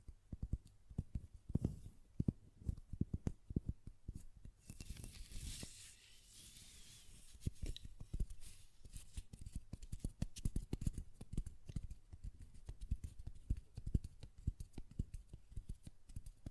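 Glass perfume bottle tapped in quick, irregular clicks throughout, with a brief bright hissing scrape around five to six seconds.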